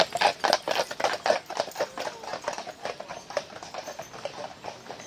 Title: Pferde Mit Kutschen Auf Der Straße Pferdekutsche Fahren